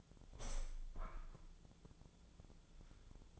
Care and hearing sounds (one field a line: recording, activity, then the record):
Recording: daily activity, microphone in the room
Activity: open window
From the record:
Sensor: 5